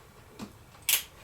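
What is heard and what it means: The arm strut of a TCEK folding camp chair with a two-stage lock is pulled out, and its first detent clicks at 0.4 s. A louder, brief high-pitched burst follows near 0.9 s. The second stage has not yet clicked.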